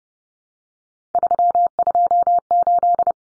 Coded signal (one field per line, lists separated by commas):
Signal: Morse code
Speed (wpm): 30 wpm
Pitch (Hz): 700 Hz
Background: none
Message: 328